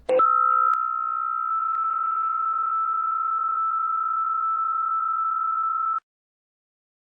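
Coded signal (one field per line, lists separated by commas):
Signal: PSK63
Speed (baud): 62.5 baud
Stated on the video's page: Shortwave radio signals heard through an SDR.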